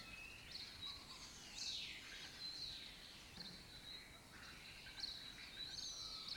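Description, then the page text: Lesser kestrel chorus of shrill, rasping, arched notes, several birds calling over one another without pause, a light background hiss. Breeding colony occupying an abandoned building complex in Doñana; migratory raptor that forages in West Africa and breeds in southern Europe. "Lesser Kestrels Took Over an Abandoned Building. Here in Doñana"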